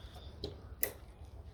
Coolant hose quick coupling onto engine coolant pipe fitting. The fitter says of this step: după ce a făcut click a venit cu siguranța iar